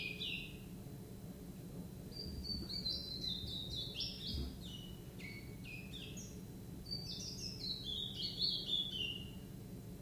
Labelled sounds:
Willow Warbler
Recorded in captivity
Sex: male
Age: juvenile
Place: Zoologisches Institut Universität Tübingen, Baden-Württemberg, DE
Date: 1966-07-26 11:10
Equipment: Nagra III PH, MD 421, LGS26
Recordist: Schneider, Hans-Joachim
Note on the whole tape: Biesinger Str. 8, Erdgeschoss. Männchen rot/gelb - blau/gelb: Warnrufe und Jugendgesang. Auch Aufnahmen vom 29.07.1966 11.45 Uhr

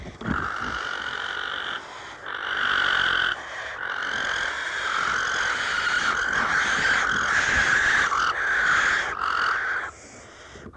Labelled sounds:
Western Barn Owl call
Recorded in the wild
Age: juvenile
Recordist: Meyer, Hugo

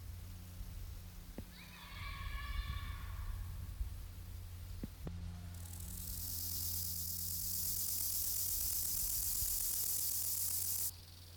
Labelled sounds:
Rufous Grasshopper stridulation
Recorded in the wild
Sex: male
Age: imago
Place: Treuchtlingen, Heumöderntal, Bayern, DE
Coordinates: 48.96, 10.91
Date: 1993-09-21 15:37
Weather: 22,8 °C, sonnig
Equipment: Marantz CP 430, Sennheiser MKH 416 T, Kopie Uher Variocord 263
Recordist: Tembrock, Günter

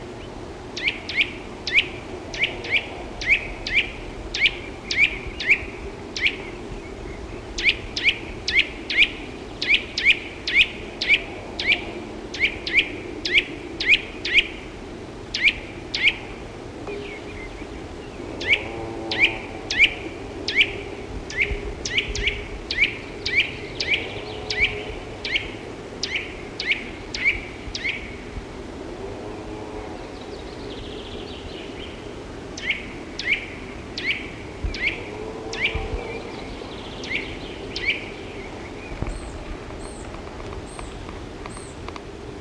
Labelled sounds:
Eurasian Nuthatch song
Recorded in the wild
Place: Wegfurt, DE
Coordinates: 50.3958, 10.0869
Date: 1964-04-02
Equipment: Uher Report 4000, AKG D190
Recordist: Krey, Winfried

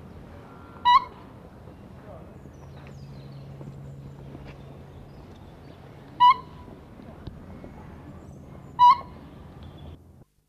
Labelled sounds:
Siberian Crane call
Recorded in captivity
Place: Vogelpark Walsrode, Niedersachsen, DE
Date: 1982-10-22
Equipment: Halbspur, 9,5 cm/s
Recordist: Lütgens, Hans

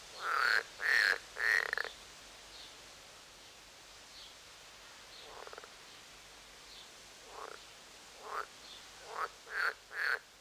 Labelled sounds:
Edible Frog
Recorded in the wild
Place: Lübars, Benekendorffstraße, Berlin, DE
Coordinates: 52.6167, 13.3469
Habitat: Gartenteich
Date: 2004-05-31 13:18
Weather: sonnig, 23°C
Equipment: Sony WM-D6C, Sennheiser ME 80, Kopie Uher 4000 Report Monitor
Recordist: Tembrock, Günter

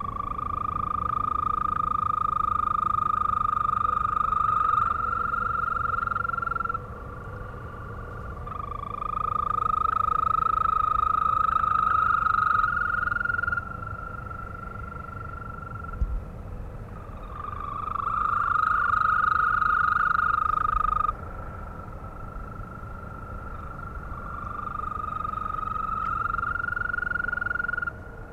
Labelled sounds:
Green Toad call
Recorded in the wild
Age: adult
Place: Malchower Aue, Berlin, DE
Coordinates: 52.5817, 13.4869
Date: 1990-05-20 22:07
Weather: Temperatur: Luft - 14,5°C, Wasser - 20,5°C
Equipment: Uher 4400 Report Monitor, Sennheiser MKH 416 T
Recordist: Frommolt, Karl-Heinz

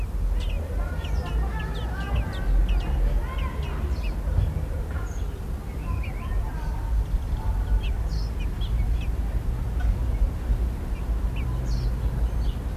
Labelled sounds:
Common Blackbird call
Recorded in the wild
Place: Hannover, Niedersachsen, DE
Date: 1967-07-16
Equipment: Halbspur, 9,5 cm/s
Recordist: Lütgens, Hans
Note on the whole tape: Terrasse Neustätter Straße 10, drei Junge rufen bei der Fütterung am 14./16./18.7.1967, schlüpfen 6.7., kein Rufen bis 11.7, Ausfliegen am 18.7., die letzten Laute zwischen zwei Fütterungen

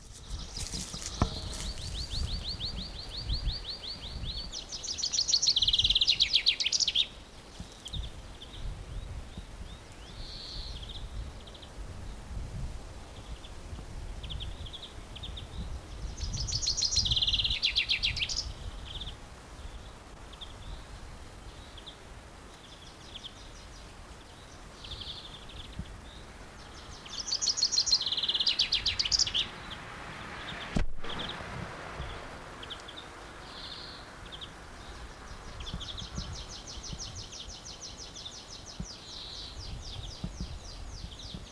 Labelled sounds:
Common Chaffinch
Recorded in the wild
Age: adult
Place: Blankenfelde, Berlin, DE
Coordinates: 52.625, 13.404
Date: 1992-05-01 10:02
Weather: heiter bis wolkig, böiger Wind, 16 °C
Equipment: Nagra SN, Mikrofon AKG CK 8, Kopie Tesla B 116
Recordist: Tembrock, Günter

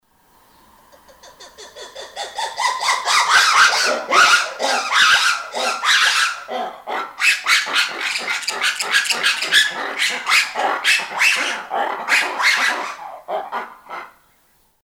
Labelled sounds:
Black-and-white Ruffed Lemur
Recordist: Tembrock, Günter
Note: Bellstrophe eines Paares

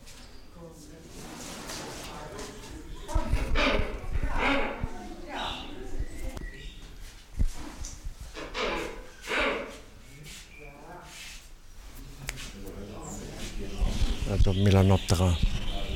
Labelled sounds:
Black-winged Starling
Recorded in captivity
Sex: group
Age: diverse
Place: Zoo Berlin, Berlin, DE
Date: 1996-02-10 15:11
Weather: heiter bis wolkig, -11°C
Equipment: Sony MD-WM MZ-R3, Sennheiser ME 80, Kopie Uher 4000 Report Monitor
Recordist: Tembrock, Günter

